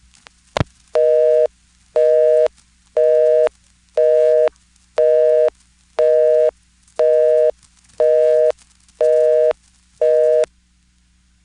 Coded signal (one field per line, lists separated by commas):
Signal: telephone call progress tone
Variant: North America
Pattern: busy tone